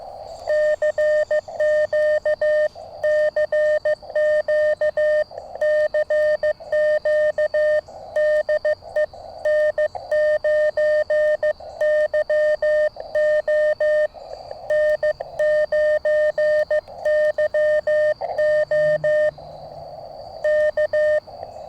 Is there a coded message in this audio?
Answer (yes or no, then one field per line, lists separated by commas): yes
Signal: Morse code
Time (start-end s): 0.5-21.2 s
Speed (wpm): 15 wpm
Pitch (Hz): 610 Hz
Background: none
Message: CQ CQ CQ DE N9YO N9YO K